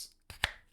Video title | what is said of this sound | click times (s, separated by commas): Jeremy's Darth Vader DV6 Neopixel Lightsaber with Proffie | it'll click just like that and it'll stop once it stops take it and pull it straight out | 0.4 s